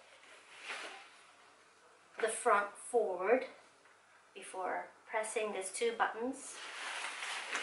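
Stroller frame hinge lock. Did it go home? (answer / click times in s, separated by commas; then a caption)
no / none. Someone talks while unfolding a GB Pockit Plus stroller, pushing the front of the frame forward before pressing two buttons so the frame can be lifted until its hinge locks open. Handling noise sits under the speech. The frame hinge lock has not clicked or seated yet.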